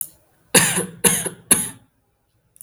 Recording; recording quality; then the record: shallow voluntary cough; excellent, no background noise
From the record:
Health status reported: healthy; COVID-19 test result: not tested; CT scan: not taken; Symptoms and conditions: none ticked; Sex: male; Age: 21 years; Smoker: no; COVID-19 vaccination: both doses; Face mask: not worn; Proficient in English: yes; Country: India